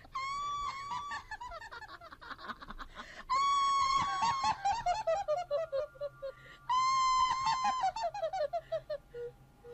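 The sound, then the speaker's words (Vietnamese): A ghost's eerie, high-pitched cackling laugh rises and then tumbles downward in rapid staccato bursts, repeating three times in a row, loud and shrill with no talking. “Lẫn trong tiếng gió rì rào là tiếng cười, tiếng gào thét đầy giận dữ.”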